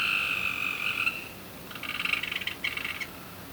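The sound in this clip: Frog croaks: a sustained harmonic call for about a second, then a faster series of short pulsed croaks, over faint background hiss.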